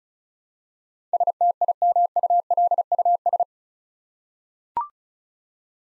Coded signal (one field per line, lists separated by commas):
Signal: Morse code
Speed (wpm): 36 wpm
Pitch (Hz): 700 Hz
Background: none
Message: STIMULUS